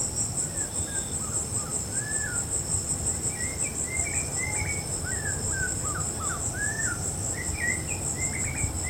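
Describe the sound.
Snowy-crowned robin-chat with short fluty whistles and slurred notes strung into varied phrases, set against constant shrill insect trilling and a low rumble.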